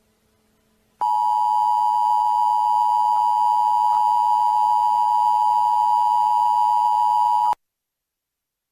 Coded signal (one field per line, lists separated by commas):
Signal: Emergency Alert System (SAME) tones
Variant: 853 and 960 Hz attention tone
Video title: CREEPY EAS BROADCAST ( Original ) video